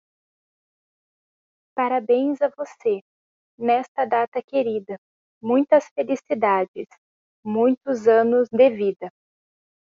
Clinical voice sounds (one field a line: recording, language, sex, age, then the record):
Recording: short text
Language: Brazilian Portuguese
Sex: female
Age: 30 to 39 years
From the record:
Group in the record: control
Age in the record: 38 years